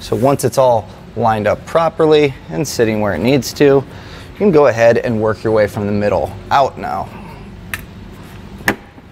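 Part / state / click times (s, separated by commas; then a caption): plastic bumper fascia clips into bumper retainers / seated / 7.7 s, 8.7 s. Someone talks while the plastic rear bumper fascia of a 2012 Subaru Outback Wagon is pressed back onto the vehicle during a trailer hitch receiver install, working from the middle out. Two sharp clicks at 7.7 s and 8.7 s mark the fascia clips snapping into their bumper retainers, and the fascia is seated.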